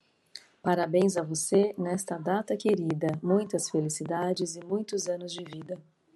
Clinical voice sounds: short text; Brazilian Portuguese; female; 50 to 59 years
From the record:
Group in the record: control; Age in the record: 50 years

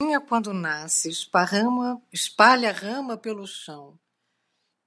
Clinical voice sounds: short text; Brazilian Portuguese; female; 70 to 79 years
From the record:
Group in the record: control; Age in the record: 76 years

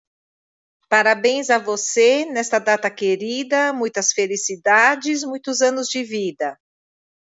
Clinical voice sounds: short text; Brazilian Portuguese; female; 50 to 59 years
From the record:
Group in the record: control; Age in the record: 58 years

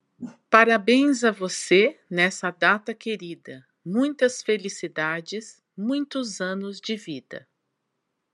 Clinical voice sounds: short text; Brazilian Portuguese; female; 50 to 59 years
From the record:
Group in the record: control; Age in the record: 52 years

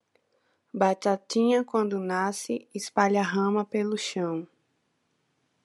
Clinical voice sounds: short text; Brazilian Portuguese; female; 20 to 29 years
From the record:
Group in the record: control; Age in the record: 23 years

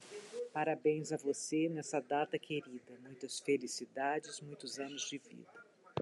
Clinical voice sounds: short text; Brazilian Portuguese; female; 50 to 59 years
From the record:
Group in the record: control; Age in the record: 57 years

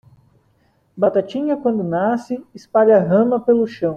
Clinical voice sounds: short text; Brazilian Portuguese; male; 20 to 29 years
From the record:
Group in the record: control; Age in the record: 27 years

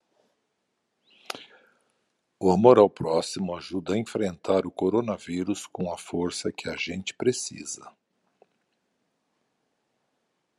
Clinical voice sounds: spoken sentence; Brazilian Portuguese; male; 60 to 69 years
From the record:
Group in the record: control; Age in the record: 66 years

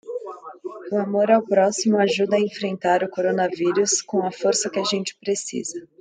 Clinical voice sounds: spoken sentence; Brazilian Portuguese; female; 20 to 29 years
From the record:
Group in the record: control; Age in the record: 23 years

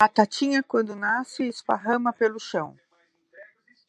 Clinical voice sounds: short text; Brazilian Portuguese; female; 60 to 69 years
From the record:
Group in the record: control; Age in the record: 63 years

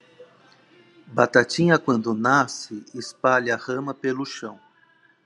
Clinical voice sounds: short text; Brazilian Portuguese; male; 50 to 59 years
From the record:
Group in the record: control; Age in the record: 57 years

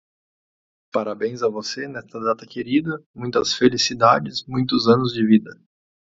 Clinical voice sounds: short text; Brazilian Portuguese; male; 30 to 39 years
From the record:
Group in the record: control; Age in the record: 35 years

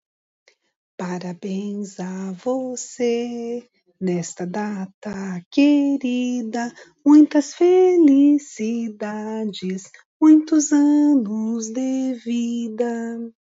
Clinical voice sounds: short text; Brazilian Portuguese; female; 50 to 59 years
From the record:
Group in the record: control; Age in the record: 56 years

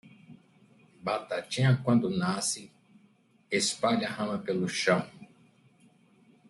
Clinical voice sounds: short text; Brazilian Portuguese; male; 60 to 69 years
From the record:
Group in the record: control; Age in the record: 69 years

